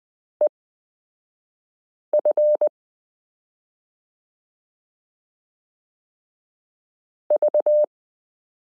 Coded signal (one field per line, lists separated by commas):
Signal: Morse code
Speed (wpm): 20 wpm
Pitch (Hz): 600 Hz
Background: none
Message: EF V